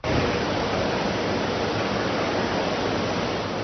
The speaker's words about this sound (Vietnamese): Tiếng máy rè rè tại trạm bơm nước Bang Su nằm ngay giữa khu phố ngập lụt và ngôi chùa.